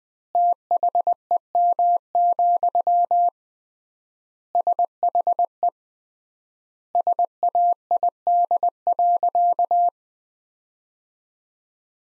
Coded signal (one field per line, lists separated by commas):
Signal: Morse code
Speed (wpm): 20 wpm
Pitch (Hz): 700 Hz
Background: none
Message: THEM, SHE SAID.